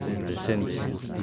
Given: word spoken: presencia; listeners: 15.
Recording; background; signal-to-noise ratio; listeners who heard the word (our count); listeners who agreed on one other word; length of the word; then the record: one Spanish word in noise, from a listening test; eight-talker babble; -0.4 dB; 0 of 15; 11 of 15; 0.84 s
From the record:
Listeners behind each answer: 11, 2, 1, 1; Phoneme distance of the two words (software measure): 27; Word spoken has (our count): 3 syllables, 9 phonemes, stress on syllable 2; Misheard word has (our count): 3 syllables, 8 phonemes, stress on syllable 2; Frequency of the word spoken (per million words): 199.43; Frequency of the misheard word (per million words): 158.69